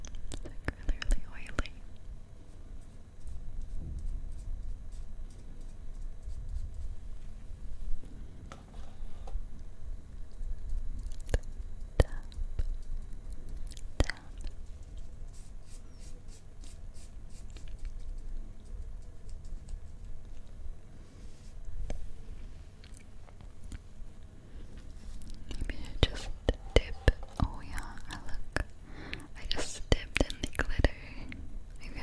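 Quiet tapping and soft handling sounds recur through a low, steady hush. Sharp clicks and taps land every few seconds early on, then grow denser and brighter near the end, with brushing-like rustles clustering after about 25 seconds.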